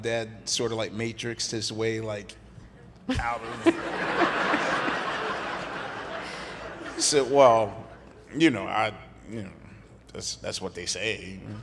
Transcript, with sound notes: Like, my dad sort of, like, matrixed his way, like, out of...
(LAUGHTER)
He said, well, you know, I - you know, that's what they say.